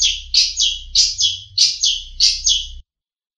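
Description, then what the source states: Long-tailed shrike song of high paired notes repeated in a steady run, with a low hum underneath. Known locally as cendet; a master song recording used for training songbirds.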